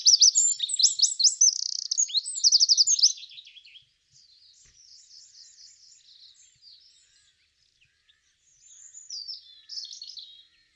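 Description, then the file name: Eurasian wren song, a rapid high trilling outburst for three seconds, followed by fainter scratchy notes and a softer second phrase near the end. "Troglodytes troglodytes"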